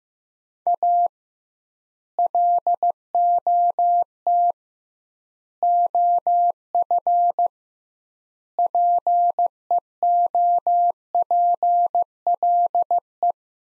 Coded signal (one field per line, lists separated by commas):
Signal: Morse code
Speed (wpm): 15 wpm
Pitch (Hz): 700 Hz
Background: none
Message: A LOT OF PEOPLE